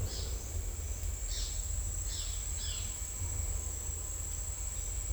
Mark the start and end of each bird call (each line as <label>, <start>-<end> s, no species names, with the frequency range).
bird call (2.7-6.0 kHz), 0.07-0.36 s
bird call (3.1-6.3 kHz), 1.32-1.56 s
bird call (3.0-6.3 kHz), 2.08-2.32 s
bird call (2.7-5.6 kHz), 2.60-2.82 s